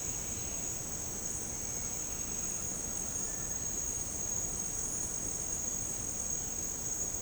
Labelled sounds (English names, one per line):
none